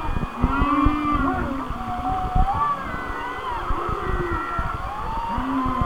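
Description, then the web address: Whale song: low flat moans and higher rippling whistles overlapping, some upsweeps, with crackling clicks and hiss beneath. "Natures Songs Whale Songs Whale Songs"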